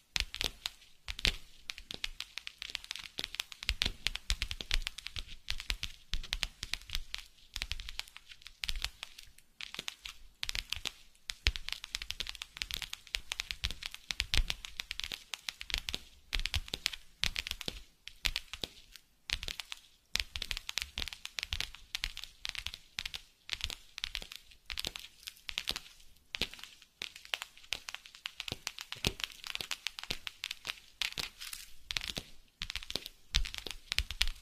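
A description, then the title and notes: Tapping on a massage mat and a box, a dense run of quick, irregular taps and crinkly crackles that continues for the whole 34 seconds. The taps are sharp and bright, with occasional lower thumps, and the pace stays busy without settling into a steady rhythm. Massage Mat and Box Tapping.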